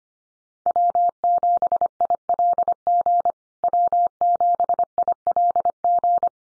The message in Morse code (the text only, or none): W7ILG W7ILG